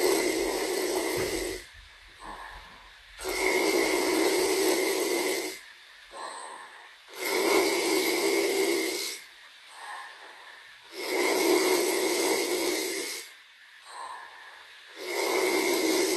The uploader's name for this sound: Snoring ASMR